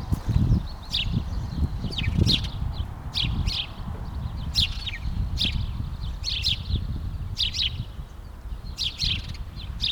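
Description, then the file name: House sparrow chirping, many short bright chirps, some in pairs, over a constant low rumble. "Passer domesticus"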